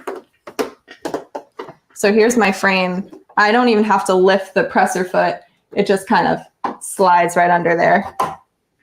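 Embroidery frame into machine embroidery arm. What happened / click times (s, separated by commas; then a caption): The frame is being handled and has not yet locked into place / none. An embroidery frame is slid under the presser foot of a Brother embroidery machine, without lifting the foot, toward the machine's embroidery carriage arm. Several short, sharp handling taps sound between about 0.1 and 1.6 seconds, and then someone talks for the rest of the clip. Nothing has seated or clicked yet; the frame has not locked into the carriage.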